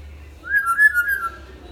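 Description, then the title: Hill myna giving a single clear, slightly wavering whistle lasting under a second. Hill myna (beo) described as gacor, recorded as a tutor (masteran) recording for training other birds. "Suara Burung Beo Gacor Cocok Untuk Masteran"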